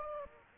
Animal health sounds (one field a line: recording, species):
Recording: mosquito wingbeat signal from an infrared sensor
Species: Aedes aegypti